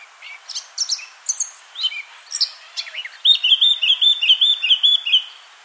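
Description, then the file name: Eurasian blackcap song: soft scratchy twittering that breaks into a loud, repeated series of clear whistled notes. "Sylvia atricapilla"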